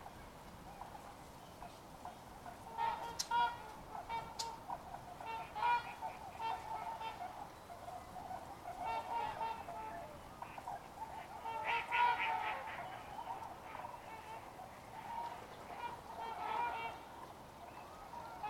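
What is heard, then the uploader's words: Swans call almost without pause across a wetland, a dense overlapping chorus of nasal, honking voices from many birds. The calling swells and eases in loose waves, with a few sharp clicks near the start, over a low steady hush of open air. Ridgefield Swans. In our soundscape at Ridgefield National Wildlife Refuge, recorded January 30, 2024, we hear two species. In the foreground is the call of the Trumpeter Swan. The Trumpeter sounds like a brassy, oh-OH , while the Tundra sounds more like woo or oo-ou-oo.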